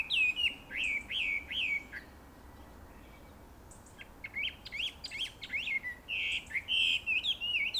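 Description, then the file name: Chinese hwamei song, loud whistled notes swooping up and down in quick phrases, a short quiet pause midway, then varied rising and falling whistles resume. "gabichou"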